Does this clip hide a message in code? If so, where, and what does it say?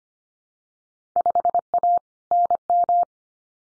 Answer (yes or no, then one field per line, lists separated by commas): yes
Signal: Morse code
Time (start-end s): 1.2-3.0 s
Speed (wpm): 25 wpm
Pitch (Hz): 700 Hz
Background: none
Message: 5A NM